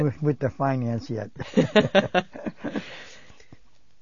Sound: they laugh

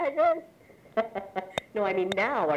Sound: laughs

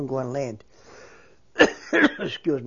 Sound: he coughs

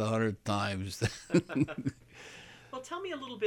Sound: they laugh

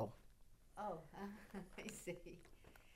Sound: she laughs

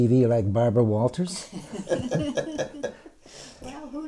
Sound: they laugh

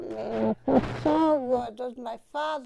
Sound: disturbance to the microphone

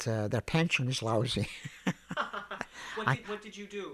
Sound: they laugh

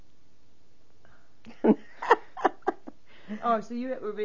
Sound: she laughs

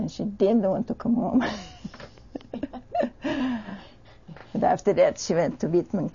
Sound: she laughs

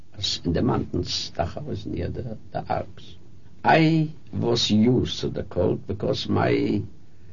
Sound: none

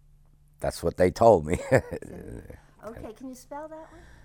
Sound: he laughs

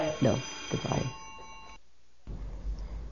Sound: a telephone rings

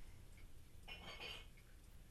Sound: pause; dishes clatter

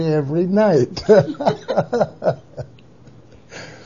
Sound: laughs; long gap

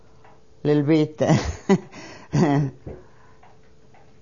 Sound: she laughs

